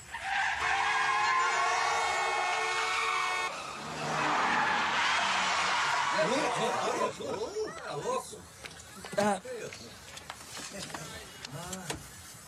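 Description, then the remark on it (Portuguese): A car, belonging to one speaker's mother, has its engine whine and tires squeal as it pulls away, followed by a loud, rough skidding hiss lasting a few seconds; voices then start talking over the fading noise. “Eu acho que a minha mãe não vai ficar muito zangada se a gente pegar o carro, né?”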